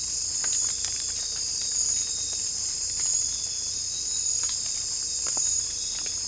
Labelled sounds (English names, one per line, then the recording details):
none
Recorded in secondary vegetation near Puerto Asís, Putumayo, Colombia, on 18 December 2024 at 01:30
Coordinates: 0.481, -76.318
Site G042